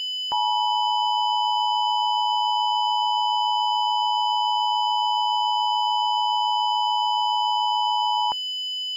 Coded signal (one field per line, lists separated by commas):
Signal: Emergency Alert System (SAME) tones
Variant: 853 and 960 Hz attention tone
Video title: EAS Mock: Tornado Emergency